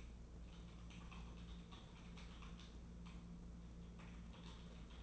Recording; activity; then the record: daily activity, microphone in the room; typing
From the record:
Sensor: 1